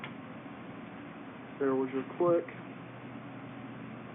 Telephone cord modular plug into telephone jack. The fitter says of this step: plug this in you're going to hear a click when I plug it in there